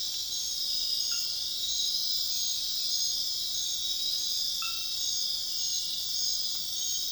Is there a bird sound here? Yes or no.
no